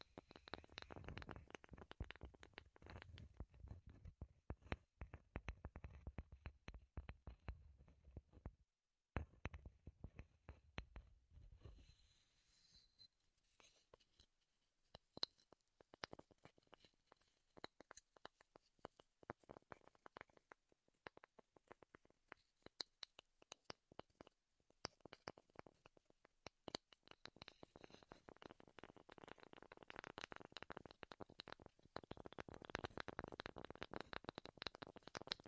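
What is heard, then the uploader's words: Wooden tapping and scratching triggers come in dense, rapid clicks, with low knocking early, a brief pause near nine seconds, then quicker, brighter tapping. ASMR Wood Triggers in Your Ears (No Talking).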